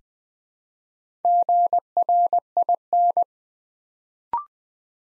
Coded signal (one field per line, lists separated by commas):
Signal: Morse code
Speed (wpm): 20 wpm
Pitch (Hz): 700 Hz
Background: none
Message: GRIN